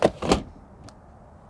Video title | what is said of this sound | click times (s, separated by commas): Thetford Cassette Toilet, C 402C, C 402X AND C 403L, MDC USA Trailers | and that lid is going to open with a nice positive click | 0.0 s, 0.3 s